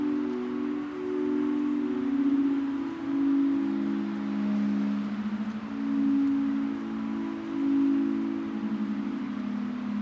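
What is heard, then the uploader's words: A seaside cove on the Oregon coast, with a steady rushing wash that never lets up. Over it, a low humming tone holds for the full ten seconds, sliding between a few pitches and swelling and easing every couple of seconds. Recorded at Seaside Cove on The Oregon Coast.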